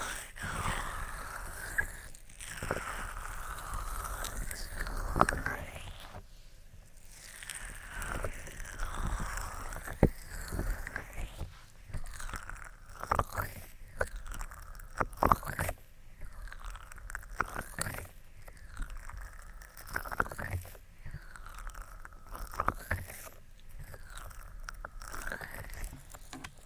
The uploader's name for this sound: Ear Attention Triggers (Tapping, Rubbing, Cupping, Lotion, Latex)